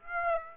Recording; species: mosquito wingbeat signal from an infrared sensor; Aedes aegypti